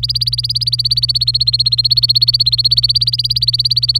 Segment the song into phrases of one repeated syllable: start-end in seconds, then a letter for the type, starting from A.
0.00-3.99 A